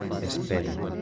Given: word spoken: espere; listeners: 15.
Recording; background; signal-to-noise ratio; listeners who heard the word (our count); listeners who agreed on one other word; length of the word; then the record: one Spanish word in noise, from a listening test; eight-talker babble; 0.0 dB; 0 of 15; 7 of 15; 0.62 s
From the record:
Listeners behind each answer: 7, 2, 1, 1, 1, 1, 1, 1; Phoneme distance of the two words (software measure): 10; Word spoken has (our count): 3 syllables, 6 phonemes, stress on syllable 2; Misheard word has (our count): 3 syllables, 6 phonemes, stress on syllable 2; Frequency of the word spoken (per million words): 4.77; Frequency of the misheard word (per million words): 123.55